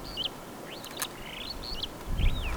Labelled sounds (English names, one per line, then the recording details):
Superb Starling flight call
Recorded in Kenya